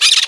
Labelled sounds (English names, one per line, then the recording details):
Brown-throated Parakeet contact call
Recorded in Margarita
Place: San Francisco, near stadium
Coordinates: 11.018, -64.294